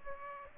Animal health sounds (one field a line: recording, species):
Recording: mosquito wingbeat signal from an infrared sensor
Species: Aedes aegypti